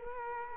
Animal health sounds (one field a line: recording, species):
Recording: mosquito wingbeat signal from an infrared sensor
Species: Culex quinquefasciatus